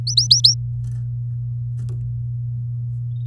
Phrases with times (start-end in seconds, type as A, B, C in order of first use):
0.07-0.54 A